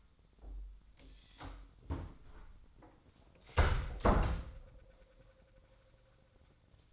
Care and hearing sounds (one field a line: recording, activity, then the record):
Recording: daily activity, microphone in the room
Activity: close door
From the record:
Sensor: 3